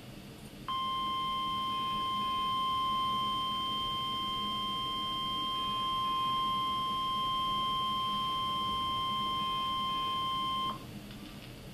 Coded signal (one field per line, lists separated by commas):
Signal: Emergency Alert System (SAME) tones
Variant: 1050 Hz attention tone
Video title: NOAA Weather Radio | 04/19/15 Severe Weather Event